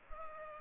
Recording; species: mosquito wingbeat signal from an infrared sensor; Culex pipiens